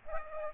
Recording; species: mosquito wingbeat signal from an infrared sensor; Aedes aegypti